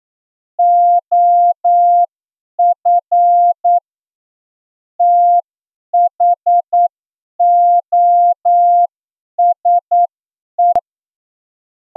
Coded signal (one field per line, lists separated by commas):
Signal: Morse code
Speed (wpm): 9 wpm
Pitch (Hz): 700 Hz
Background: none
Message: OF THOSE